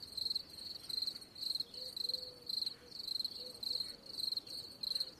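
Cricket giving rapid, pulsed high-pitched chirps in an even rhythm, with soft lower tonal notes in the background.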